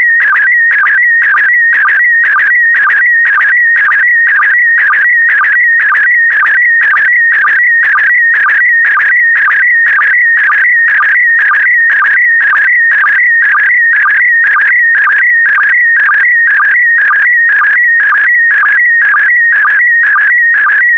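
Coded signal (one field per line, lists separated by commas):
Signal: SSTV (slow-scan television)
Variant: PD120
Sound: warbling tone between 1.5 and 2.3 kHz with regular short low sync chirps, steady rhythm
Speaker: the next image transmission will start in 10 seconds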